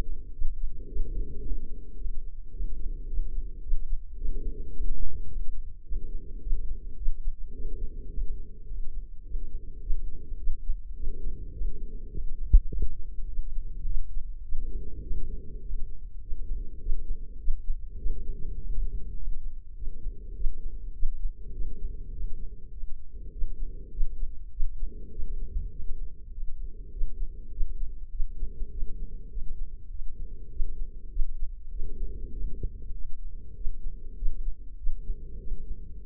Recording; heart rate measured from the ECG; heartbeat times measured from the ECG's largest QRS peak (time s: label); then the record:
heart sounds by microphone in the left ear; 103 bpm
0.34 s: heartbeat
0.89 s: heartbeat
1.43 s: heartbeat
1.98 s: heartbeat
2.53 s: heartbeat
3.09 s: heartbeat
3.63 s: heartbeat
4.18 s: heartbeat
4.73 s: heartbeat
5.29 s: heartbeat
5.85 s: heartbeat
6.42 s: heartbeat
6.98 s: heartbeat
7.54 s: heartbeat
8.10 s: heartbeat
8.67 s: heartbeat
9.25 s: heartbeat
9.82 s: heartbeat
10.39 s: heartbeat
10.96 s: heartbeat
11.54 s: heartbeat
12.11 s: heartbeat
12.70 s: heartbeat
13.28 s: heartbeat
13.87 s: heartbeat
14.45 s: heartbeat
15.04 s: heartbeat
15.62 s: heartbeat
16.22 s: heartbeat
16.81 s: heartbeat
17.40 s: heartbeat
17.99 s: heartbeat
18.57 s: heartbeat
19.16 s: heartbeat
19.76 s: heartbeat
20.35 s: heartbeat
20.95 s: heartbeat
21.54 s: heartbeat
22.13 s: heartbeat
22.72 s: heartbeat
23.32 s: heartbeat
23.92 s: heartbeat
24.52 s: heartbeat
25.12 s: heartbeat
25.71 s: heartbeat
26.32 s: heartbeat
26.92 s: heartbeat
27.52 s: heartbeat
28.11 s: heartbeat
28.71 s: heartbeat
29.30 s: heartbeat
29.90 s: heartbeat
30.51 s: heartbeat
31.11 s: heartbeat
31.71 s: heartbeat
32.32 s: heartbeat
32.94 s: heartbeat
33.56 s: heartbeat
34.17 s: heartbeat
34.78 s: heartbeat
35.39 s: heartbeat
36.00 s: heartbeat
From the record:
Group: healthy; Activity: rest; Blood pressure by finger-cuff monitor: 111/59 mmHg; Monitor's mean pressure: 79 mmHg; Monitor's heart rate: 102 bpm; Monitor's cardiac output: 8.4 L/min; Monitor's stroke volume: 83 mL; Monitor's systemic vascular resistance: 670 dyn s/cm5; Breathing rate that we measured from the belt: 18 breaths a minute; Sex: female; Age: 43 years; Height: 160 cm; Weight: 90 kg